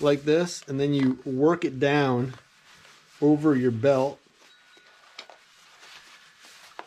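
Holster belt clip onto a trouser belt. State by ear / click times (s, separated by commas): not seated / none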